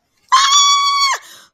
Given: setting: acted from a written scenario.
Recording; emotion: vocal sound without words; fear